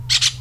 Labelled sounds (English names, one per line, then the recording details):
Brown-throated Parakeet contact call
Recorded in Venezuela
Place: Cerro Saroche, Hato Dalmatela, Edo. Lara
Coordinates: 10.149, -69.534